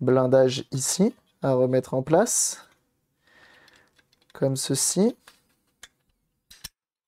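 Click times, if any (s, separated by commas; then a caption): 6.7 s. Someone talks while a small metal shielding plate is pressed back into position inside a Nintendo GameCube disc drive being reassembled after repair and cleaning. After a quiet stretch with faint handling sounds, a few sharp clicks follow, and the shield clips into place with a click at 6.7 s.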